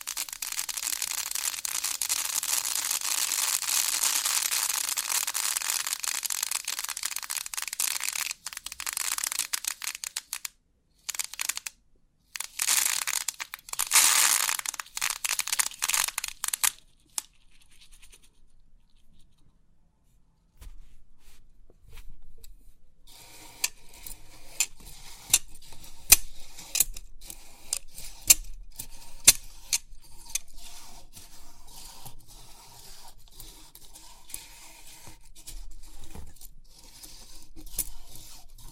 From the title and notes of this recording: Crisp 3D Pin Art Tingles(No Talking).